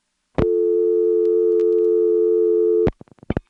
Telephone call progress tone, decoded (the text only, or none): dial tone